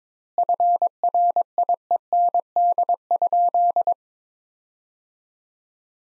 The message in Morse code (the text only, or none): FRIEND?